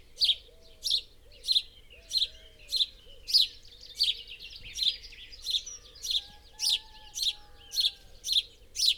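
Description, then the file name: House sparrow giving repeated loud chirps, roughly every half second to second, over a soft low background hum. "Passer domesticus"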